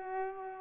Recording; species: mosquito wingbeat signal from an infrared sensor; Culex pipiens